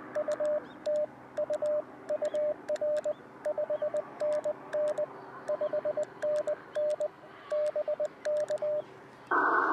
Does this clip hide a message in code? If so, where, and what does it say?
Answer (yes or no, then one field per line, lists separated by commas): yes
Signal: Morse code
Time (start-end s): 0.2-8.8 s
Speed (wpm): 20 wpm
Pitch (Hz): 600 Hz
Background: radio noise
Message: UT U UR 5NN 5NN BK